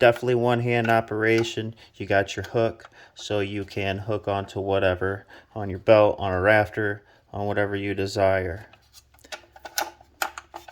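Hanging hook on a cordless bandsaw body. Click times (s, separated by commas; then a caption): 9.8 s, 10.2 s. Someone talks for most of the clip about a compact DeWalt 12V cordless bandsaw while handling it, then swings its metal belt hook open and closed. The hook gives sharp clicks, positively seating into position at 9.8 and 10.2 seconds.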